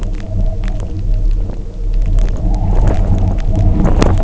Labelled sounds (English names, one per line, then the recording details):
none
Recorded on Arctic tundra, site UTQI-0, on 27 June 2018
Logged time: 20:00